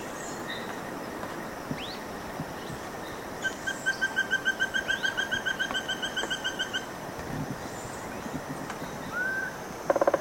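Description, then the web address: Spot-breasted woodpecker calling, a steady run of many quick harmonic notes over about three seconds, with scattered faint chirps and a short buzzy pulsed burst at the end. Eastern lowlands of South America. "Natures Songs S America Eastern Lowlands. Spot-breasted Woodpecker"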